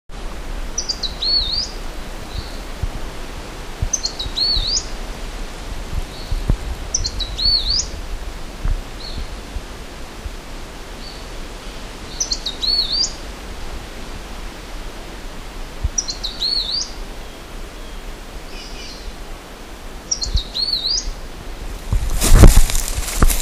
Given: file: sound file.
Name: Rote Leaf Warbler Call